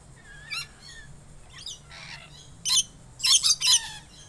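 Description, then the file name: Lorikeet calls, a few thin chirping notes early, then a cluster of loud, harsh screeches in quick succession over the last second and a half. Ensemble of several lorikeets calling together. "Lorikeet Parrot Calls Ensemble"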